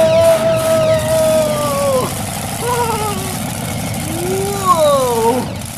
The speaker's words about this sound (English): I grab the monster truck steering wheel nice and tight because they're really powerful. And then I turn it on. Yeah. And then I give it some gas. Whoa. Whoa. Whoa. Whoa. I love driving a monster truck.